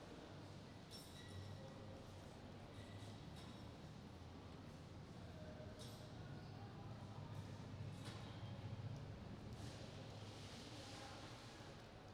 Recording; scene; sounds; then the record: everyday scene through a hearing-aid microphone; reverberant space; background noise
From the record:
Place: railway station hall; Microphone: in the ear canal, right